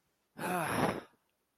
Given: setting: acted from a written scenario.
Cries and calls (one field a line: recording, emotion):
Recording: vocal sound without words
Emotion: ecstasy